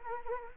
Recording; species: mosquito wingbeat signal from an infrared sensor; Anopheles arabiensis